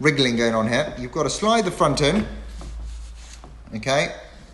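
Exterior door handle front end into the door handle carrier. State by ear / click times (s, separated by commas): not seated / none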